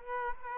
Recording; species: mosquito wingbeat signal from an infrared sensor; Aedes aegypti